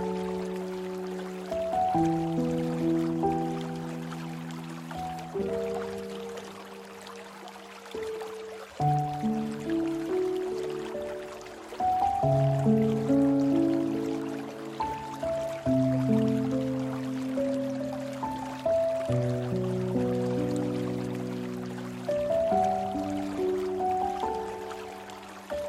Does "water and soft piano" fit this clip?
yes